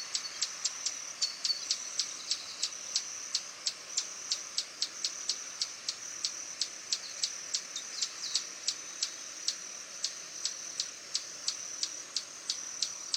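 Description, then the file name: Swallow-tailed hummingbird repeating piercing high ticks in a fast, fairly even series, with occasional squeaky notes, over a continuous high ringing hum. "Canto do beija flor tesoura"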